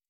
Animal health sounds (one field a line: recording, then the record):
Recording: hydrophone in a shrimp aquaculture tank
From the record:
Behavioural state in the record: starved